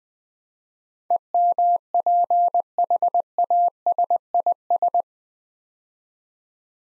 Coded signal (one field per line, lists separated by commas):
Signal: Morse code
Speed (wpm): 20 wpm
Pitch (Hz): 700 Hz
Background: none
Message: EMPHASIS